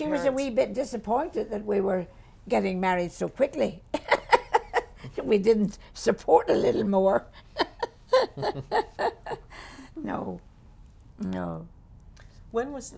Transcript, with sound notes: ...she was a wee bit disappointed that we were getting married so quickly. (she laughs) That we didn't support her a little more. (she laughs) No. No.
When was,